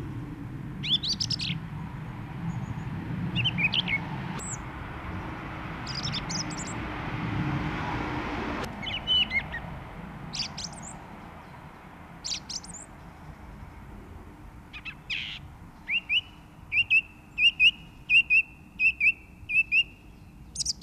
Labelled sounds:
Song Thrush song

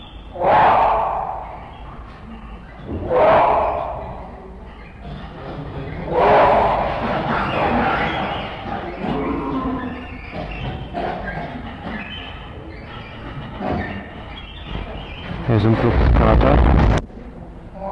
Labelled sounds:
Jungle Cat call

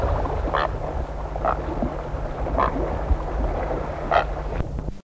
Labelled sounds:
Black-headed Heron call

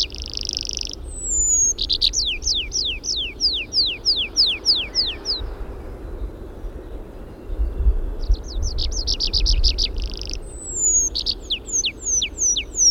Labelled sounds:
Tree Pipit song

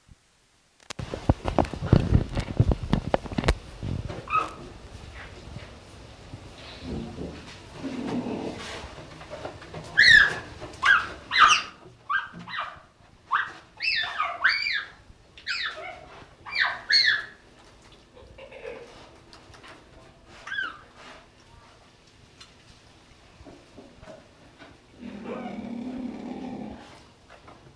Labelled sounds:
Cheetah call

